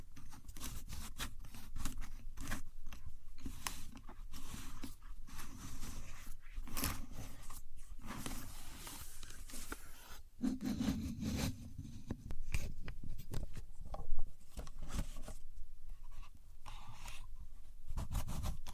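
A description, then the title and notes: A contour gauge is handled, its pins rattling and scraping in dense bursts of clicky, rustling texture throughout. Sharp ticks and brief scrapes come irregularly, with a low steady rumble underneath and a slightly louder clack around fourteen seconds. Using A Contour Gauge (No Talking).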